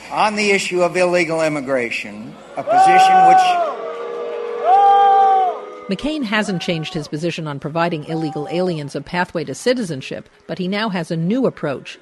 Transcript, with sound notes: On the issue of illegal immigration, a position which -- [crowd boos]
McCain hasn't changed his position on providing illegal aliens with a pathway to citizenship, but he now has a new approach: